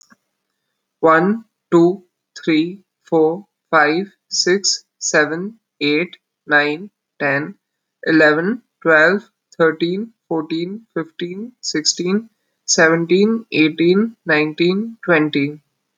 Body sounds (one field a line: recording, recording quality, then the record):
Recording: counting at a normal pace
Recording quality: excellent, no background noise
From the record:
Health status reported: respiratory illness, not identified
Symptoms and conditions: cold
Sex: male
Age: 18 years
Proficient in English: yes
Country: India